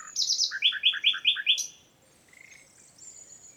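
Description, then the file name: Common nightingale song phrase: a fast run of loud repeated chirping notes, followed by a few faint thin notes. "Luscinia megarhynchos"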